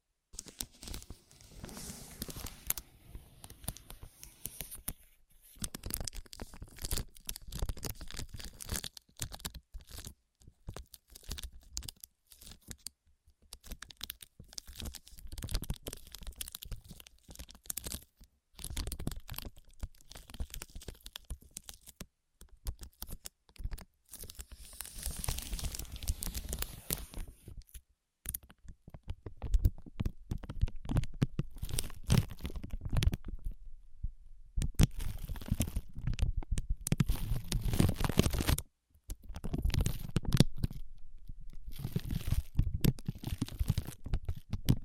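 Ear massage and cleaning sounds: dense, scratchy rubbing and crinkling that runs almost without pause, with brief silent gaps near 5, 28, 34 and 39 seconds. Low, muffled thumps and pressure grow heavier in the second half.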